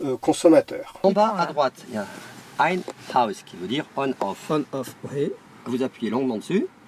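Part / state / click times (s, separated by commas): mechanical power switch in a camper van electrical panel / not seated / none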